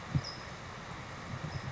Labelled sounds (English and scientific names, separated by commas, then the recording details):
California Towhee (Melozone crissalis)
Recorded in Sonoma County, California